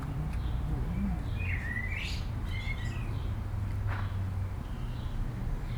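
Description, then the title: Common blackbird singing a short fluted phrase that rises into a thin twitter, set against heavy, constant low-pitched traffic noise. Singing in a city amid urban road and air traffic noise, Aix-les-Bains, France. "51 Rue Maryse Bastié, Aix-les-Bains, France - Merle dans la ville"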